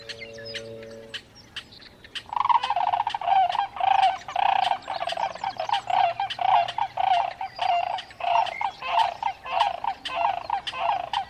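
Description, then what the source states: Sandhill Cranes burst into loud, rhythmic rolling rattles after two seconds, pulsing steadily, with sharp songbird chips ticking throughout. Dawn chorus, Sierra Valley Marsh near Portola, California, June 24, 2023, 5:33am; AT-4022 omni condensers on Jecklin disk binaural baffle; Nature Sound Society workshop.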